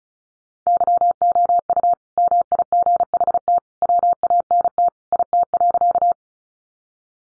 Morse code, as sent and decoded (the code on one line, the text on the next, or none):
-.-- --- ..- / -- .. --. .... - / .-- .- -. - / .. - .-.-.-
YOU MIGHT WANT IT.